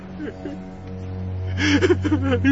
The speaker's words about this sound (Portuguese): Neste instante, Belarmino voltou a se debater, vítima de choro e convulsões, revivendo as duras aflições que o atingiram.